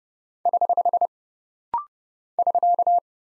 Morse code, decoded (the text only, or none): <HH> <SK>